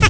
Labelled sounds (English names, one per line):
Zebra Finch tet call